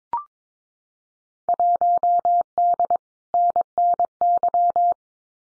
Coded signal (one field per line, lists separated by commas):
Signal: Morse code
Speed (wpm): 22 wpm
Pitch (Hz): 700 Hz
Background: none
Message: 1D NNY